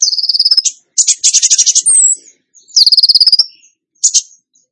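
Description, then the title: Bird song of high, sharp trilled phrases and rapid chattering notes in quick bursts with short gaps. Masteran (training song for songbirds) in the tembakan gacor style. "Masteran Burung Tembakan Gacor"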